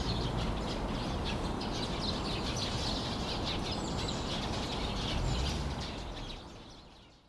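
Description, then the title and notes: Birds chattering, a dense stream of overlapping high chirps and tweets over a steady low rumble, fading out at the end. A flock of birds in the trees making noise at Sinbanpo Apartment, Jamwon-dong, Seocho-gu, Seoul, South Korea. "대한민국 서울특별시 서초구 잠원동 85-Sinbanpo Apt, A Flock of Birds. 신반포아파트, 나무 위의 새떼들"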